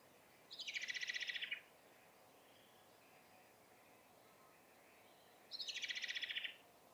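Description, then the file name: Common blackbird chattering in two sharp rattling bursts about five seconds apart, with faint soft bird notes between them. "Turdus merula"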